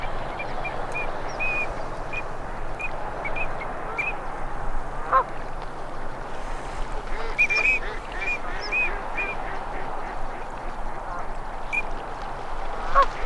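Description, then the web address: Ducks calling with a mix of nasal quacks and short sharp whistles, bursts of whistling around the middle and near the end, steady background hiss. Male and female migratory ducks. "Male and female migratory ducks. صدای-مرغابی-های-مهاجر-نر-و-ماده"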